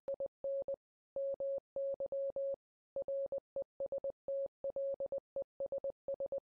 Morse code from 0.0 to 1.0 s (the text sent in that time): IN